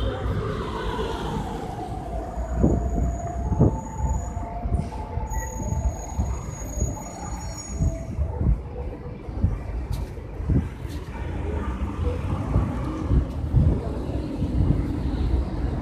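A city street hums with steady traffic, a dense low rumble of vehicles that stays constant throughout. Around four to eight seconds, thin high squeals ring out, like brakes or rail wheels, alongside scattered knocks and clatter.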